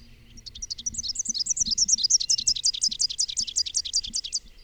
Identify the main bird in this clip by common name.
Rufous-capped Warbler